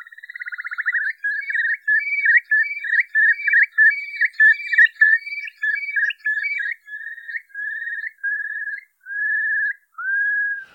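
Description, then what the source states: Eurasian curlew calling, a bubbling trill breaking into repeated whistled notes that slow down and end in long slurred whistles. Curlew calling, described as an iconic sound of the Isle of Man.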